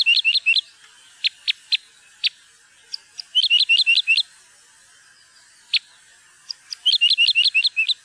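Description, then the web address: Parrot crossbill calls: short, sharp chip notes given in quick bursts, with scattered single notes between the bursts. "fuglelyder- furukorsnebb"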